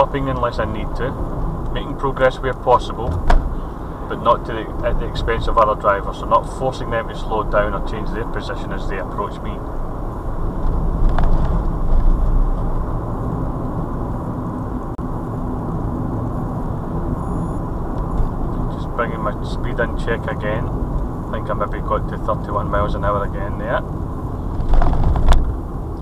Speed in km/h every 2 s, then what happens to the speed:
45, 42, 44, 45, 48, 50, 50, 52, 47, 47, 44, 40, 35.
0-5 steady at about 44. 5-10 speeds up to 50. 10-15 steady at about 50. 15-26 slows to 35.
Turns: none.